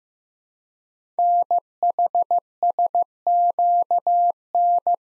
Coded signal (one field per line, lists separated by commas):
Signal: Morse code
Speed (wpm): 15 wpm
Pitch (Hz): 700 Hz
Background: none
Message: NHSQN